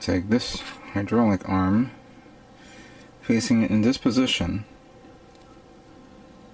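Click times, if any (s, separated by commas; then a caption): none. Someone talks while holding a plastic hydraulic arm part from a 1/400 Alpha Azieru model kit and lining it up with the kit body before it is pressed home. One small handling tap is heard at 5.4 s during the quiet after the talking. The part has not seated or clicked into place yet.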